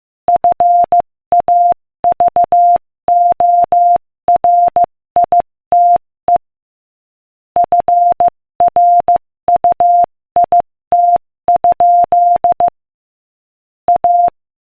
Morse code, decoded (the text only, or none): FAVORITE FRUIT? A